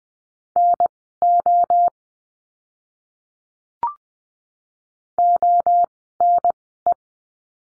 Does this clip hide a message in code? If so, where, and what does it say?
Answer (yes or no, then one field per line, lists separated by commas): yes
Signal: Morse code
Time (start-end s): 0.6-6.9 s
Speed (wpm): 20 wpm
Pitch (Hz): 700 Hz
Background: none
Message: NO ONE